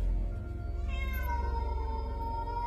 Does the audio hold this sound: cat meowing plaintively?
yes